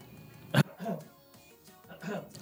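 One brief, sharp cough from an adult, followed by a few soft voiced sounds; a plain single cough.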